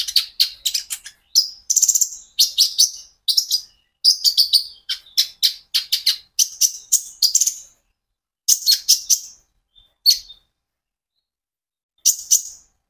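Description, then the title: Van Hasselt's sunbird song: bursts of very high, sharp chirps and short trills, broken by brief pauses. Caged bird, a konin ijoan, singing constantly (gacor); recording meant as a lure and training aid to make untrained sunbirds answer. "KOLIBRI NINJA KONIN IJOAN GACOR COCOK UNTUK PANCINGAN TERAPI KONIN BAHAN PASTI NYAUT"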